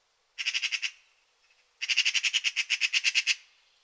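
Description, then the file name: Eurasian magpie chattering: a short rattling burst of several harsh notes, a pause, then a longer rapid series of many grating notes. "Pica pica"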